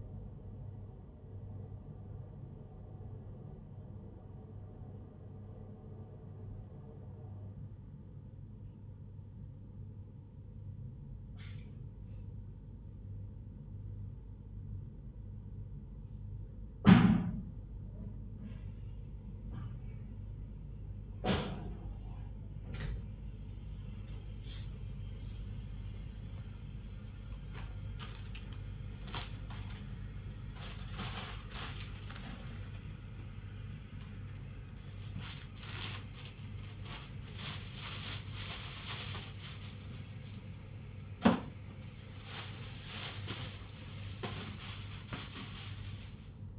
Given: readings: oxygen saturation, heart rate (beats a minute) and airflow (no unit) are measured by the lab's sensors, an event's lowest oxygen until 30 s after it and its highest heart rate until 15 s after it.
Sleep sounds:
a person awake in a sleep study, by a smartphone at the bedside; none
none scored
From the record:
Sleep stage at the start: awake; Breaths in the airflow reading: 15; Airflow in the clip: -0.7 to 0.7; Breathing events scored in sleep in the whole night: 158 in 7.3 hours asleep

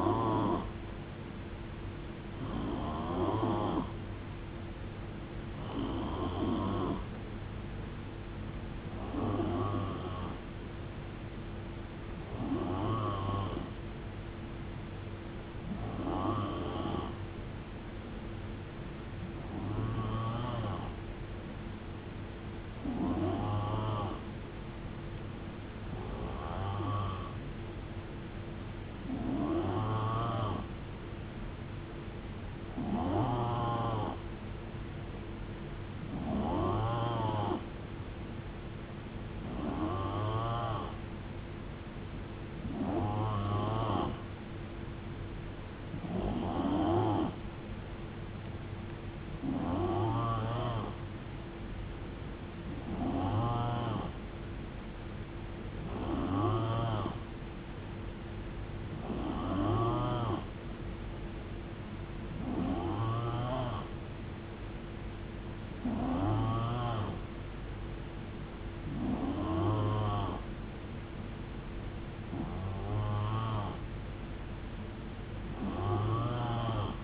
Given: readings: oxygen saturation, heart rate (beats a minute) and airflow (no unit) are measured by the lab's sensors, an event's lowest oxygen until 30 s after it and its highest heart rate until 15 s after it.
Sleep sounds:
breathing in sleep by a voice recorder at the bedside; none
57.00-77.04 s: new sleep stage, N3 (deep sleep)
From the record:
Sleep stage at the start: N2 (light sleep); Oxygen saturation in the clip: 90 to 91%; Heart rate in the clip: 63 to 76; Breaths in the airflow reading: 23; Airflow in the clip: -9.0 to 4.5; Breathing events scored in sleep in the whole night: 389 in 6.3 hours asleep

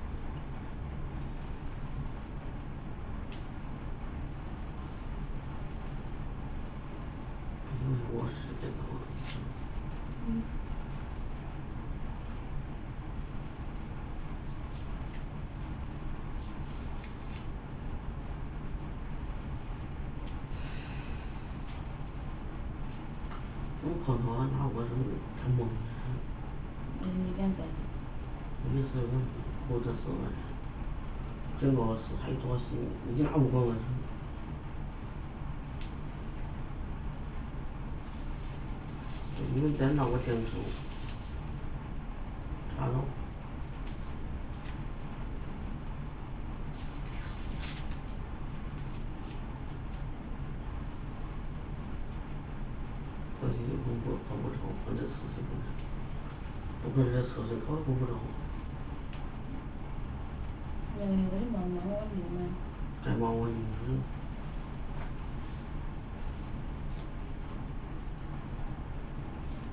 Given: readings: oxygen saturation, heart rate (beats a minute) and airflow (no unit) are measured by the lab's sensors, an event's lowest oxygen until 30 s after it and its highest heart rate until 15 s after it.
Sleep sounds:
a person awake in a sleep study, by a smartphone at the bedside; none
0.00-69.73 s: awake
0.00-69.73 s: awake
From the record:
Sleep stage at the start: awake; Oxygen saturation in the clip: 93 to 95%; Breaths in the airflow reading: 23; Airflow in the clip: -0.7 to 1.4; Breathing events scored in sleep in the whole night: 328 in 6.3 hours asleep

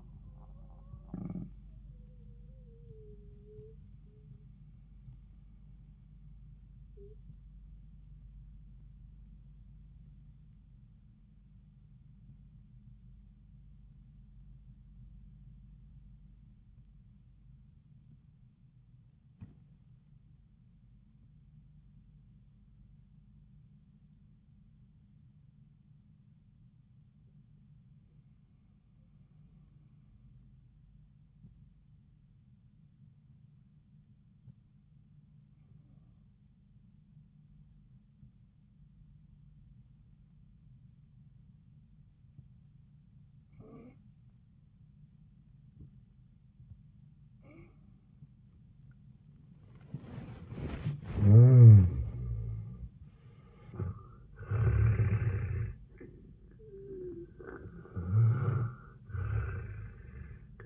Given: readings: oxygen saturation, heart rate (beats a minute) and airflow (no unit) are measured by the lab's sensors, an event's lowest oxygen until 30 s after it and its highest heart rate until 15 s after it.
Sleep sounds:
breathing in sleep by a smartphone at the bedside; 1
3.00-51.20 s: obstructive apnea (N2, oxygen 98% highest, then 81% lowest, heart rate 93 at the start, 93 highest)
From the record:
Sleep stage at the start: N2 (light sleep); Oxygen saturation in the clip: 74 to 98%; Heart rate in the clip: 80 to 93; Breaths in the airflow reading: 1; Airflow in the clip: -24.0 to 23.1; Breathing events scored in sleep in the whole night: 400 in 8.7 hours asleep

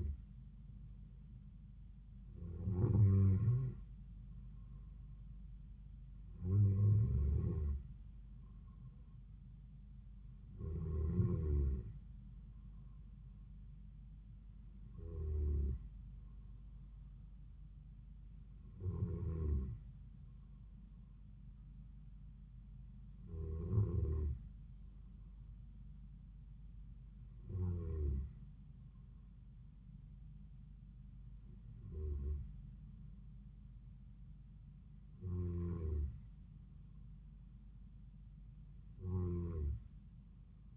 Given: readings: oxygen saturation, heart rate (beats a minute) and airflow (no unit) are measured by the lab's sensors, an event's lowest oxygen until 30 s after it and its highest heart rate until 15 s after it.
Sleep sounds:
breathing in sleep by a smartphone at the bedside; none
none scored
From the record:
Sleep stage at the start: N2 (light sleep); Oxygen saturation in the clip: 93 to 94%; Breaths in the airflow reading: 11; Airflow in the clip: -4.2 to 3.6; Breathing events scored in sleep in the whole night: 270 in 6.1 hours asleep

